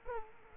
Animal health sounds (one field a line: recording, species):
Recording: mosquito wingbeat signal from an infrared sensor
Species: Culex quinquefasciatus